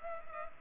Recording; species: mosquito wingbeat signal from an infrared sensor; Culex pipiens